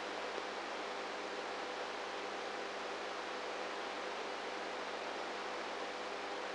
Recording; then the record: brain microelectrode recording played as sound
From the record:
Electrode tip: inside the subthalamic nucleus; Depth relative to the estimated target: -3 mm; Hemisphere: right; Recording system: NeuroSet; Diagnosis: Parkinson's disease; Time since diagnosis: 19 years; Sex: female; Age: 58 years